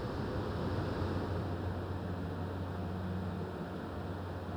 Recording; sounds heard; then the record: poultry house recording; no chicken sound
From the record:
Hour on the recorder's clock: 23